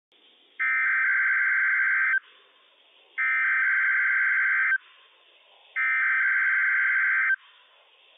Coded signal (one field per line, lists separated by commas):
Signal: Emergency Alert System (SAME) tones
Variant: header bursts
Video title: NWS PDT Required Weekly Test - WWF56 - EAS #46 - 10:56 AM PST 2/3/21